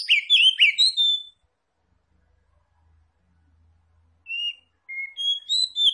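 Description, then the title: Oriental magpie-robin song: a quick burst of varied sweet, slurred whistles and chirps, a pause of about three seconds, then a looser run of short whistled phrases. Labelled Tretes, described as gacor (singing actively and loudly). "Kacer Tretes"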